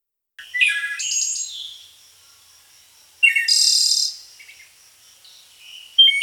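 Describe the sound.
Bird calls: a twittering phrase of high chirps, a pause, then a loud buzzy high burst followed by faint scattered notes and a sharp final chirp.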